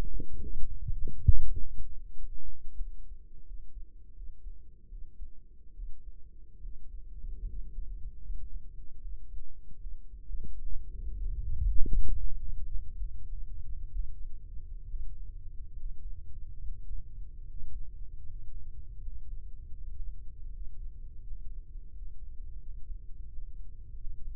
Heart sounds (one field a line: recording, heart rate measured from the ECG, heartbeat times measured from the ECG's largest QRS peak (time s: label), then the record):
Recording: heart sounds by microphone in the right ear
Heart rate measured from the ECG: 78 bpm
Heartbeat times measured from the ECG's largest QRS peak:
0.06 s: heartbeat
0.77 s: heartbeat
1.47 s: heartbeat
2.14 s: heartbeat
2.78 s: heartbeat
3.44 s: heartbeat
4.13 s: heartbeat
4.88 s: heartbeat
5.73 s: heartbeat
6.60 s: heartbeat
7.45 s: heartbeat
8.21 s: heartbeat
8.99 s: heartbeat
9.78 s: heartbeat
10.59 s: heartbeat
11.39 s: heartbeat
12.12 s: heartbeat
12.95 s: heartbeat
13.90 s: heartbeat
14.84 s: heartbeat
15.73 s: heartbeat
16.59 s: heartbeat
17.43 s: heartbeat
18.23 s: heartbeat
18.99 s: heartbeat
19.75 s: heartbeat
20.49 s: heartbeat
21.20 s: heartbeat
21.90 s: heartbeat
22.58 s: heartbeat
23.26 s: heartbeat
23.94 s: heartbeat
From the record:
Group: healthy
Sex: male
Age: 35 years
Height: 178 cm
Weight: 64 kg